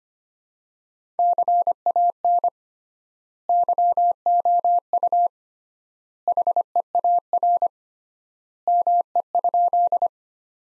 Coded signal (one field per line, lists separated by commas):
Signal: Morse code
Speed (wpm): 25 wpm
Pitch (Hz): 700 Hz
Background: none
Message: CAN YOU HEAR ME?